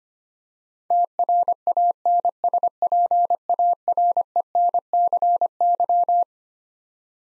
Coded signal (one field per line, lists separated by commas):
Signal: Morse code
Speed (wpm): 25 wpm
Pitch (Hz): 700 Hz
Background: none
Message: TRANSPARENCY